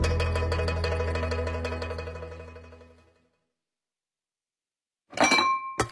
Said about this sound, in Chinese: 碗筷叮当，谁能品出人生的酸甜苦？